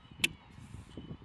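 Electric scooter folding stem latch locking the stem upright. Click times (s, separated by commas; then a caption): 0.2 s. The folded stem of a Hiboy S2 Pro electric scooter with a seat attachment is unhooked and raised upright, and its metal folding latch pops into place with one sharp, loud snap at 0.2 s. The stem is locked upright and the scooter is ready to ride.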